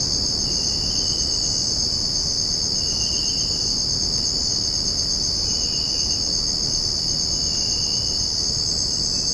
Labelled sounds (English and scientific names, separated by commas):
none